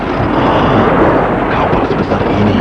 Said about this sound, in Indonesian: Dahsyat sekali badai ini. Air laut bagai mendidih. Gelombangnya bergulung tinggi-tinggi.